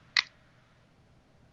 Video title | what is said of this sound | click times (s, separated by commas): The Dental Show Live with Dr. August de Oliveira | uh filter just pops right in | 0.2 s